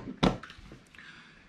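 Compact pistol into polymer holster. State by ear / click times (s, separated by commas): seated / 0.2 s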